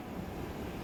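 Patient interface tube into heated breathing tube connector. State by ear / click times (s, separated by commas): not seated / none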